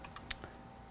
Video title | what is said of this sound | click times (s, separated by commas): CZ Scorpion Cleaning & Inspection | simply just goes back into this groove it kind of snaps into place once that spring overcomes whichever | 0.3 s